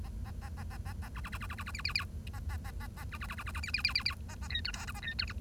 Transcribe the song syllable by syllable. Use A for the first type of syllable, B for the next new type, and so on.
A A A A A A A B B B B B B B C C C A A A A A B B B B B B C C C C C A A D E F G A D E H